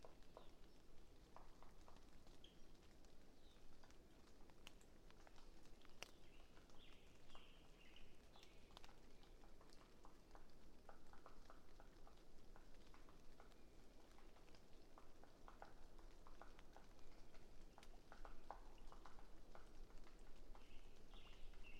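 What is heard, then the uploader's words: A late spring afternoon in a stand of quaking aspen beneath ponderosa pines beside a flooded meadow. A steady low rumble runs throughout, with scattered sharp ticks and clicks and short bird chirps breaking in every few seconds, the chirps thickening toward the end. A late spring afternoon in a small stand of Quaking Aspen growing beneath tall Ponderosa Pines beside a seasonally flooded meadow located east of Bear Mountain in Shasta-Trinity National Forest, Siskiyou County, California. A microphone is placed on either side of the trunk of a tree, in this case a Quaking Aspen.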